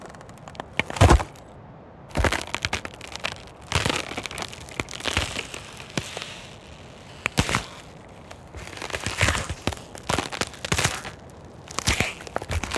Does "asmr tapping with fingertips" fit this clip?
no